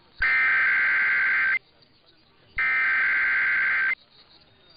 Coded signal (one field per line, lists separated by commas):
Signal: Emergency Alert System (SAME) tones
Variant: header bursts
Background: speech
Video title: [EAS #2400-#2416] Do you like RMTs & RWTs? This is the video for you.